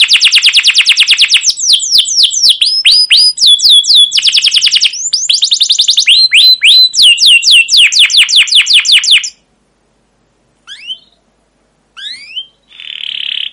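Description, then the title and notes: Canary song: rapid repeated chirps and falling sweeps for about nine seconds, then silence broken by two short rising notes and a final buzzy note. Canary song with emotional "cuit cuit" chirps, used as a lure to stimulate other canaries and as a master tutor for young canaries learning sounds. "CUIT CUIT NGEROL LANGSUNG GACOR PANJANG Kenari Ini AMPUH Utk Pancingan KENAR. PANCINGAN Kenari GACOR PANJANG Cuit CUIT EMOSI ini AMPUH utk MASTERAN Kenari PAUD belajar BUNYI. burung kenari"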